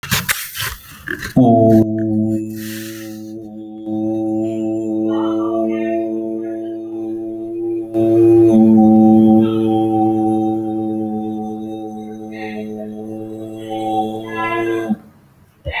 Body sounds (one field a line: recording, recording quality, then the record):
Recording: sustained vowel as in boot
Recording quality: moderate, slight background noise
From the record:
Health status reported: healthy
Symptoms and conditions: none ticked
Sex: male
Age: 38 years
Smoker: not ticked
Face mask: not worn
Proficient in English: yes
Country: India